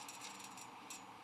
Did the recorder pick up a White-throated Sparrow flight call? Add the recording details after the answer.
no. No flight call is heard. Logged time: 10:15 on 13 December 2014